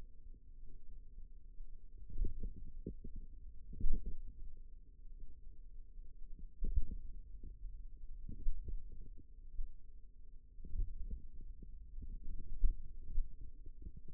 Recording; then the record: forearm muscle sounds (acoustic myography)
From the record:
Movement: pen grasping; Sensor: system 2, bracelet of six BSWA MPA416 microphones around the upper forearm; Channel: 4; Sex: female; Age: 22 years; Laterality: right